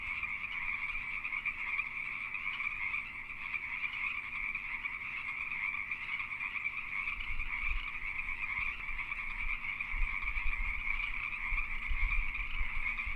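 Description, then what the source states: Pacific treefrog chorus, many frogs croaking together in a constant dense mass, with low rumbling noise growing stronger toward the end. Several Pacific treefrogs calling during mating season.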